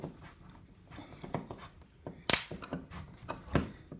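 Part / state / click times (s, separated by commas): screw into drywall anchor / seated / 2.3 s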